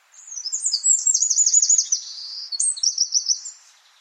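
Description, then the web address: Bird giving a rapid, high chirping trill of buzzy repeated notes, a brief break, then a shorter second burst; nothing else audible. "Deverinetal 2025 File origin Bird Only"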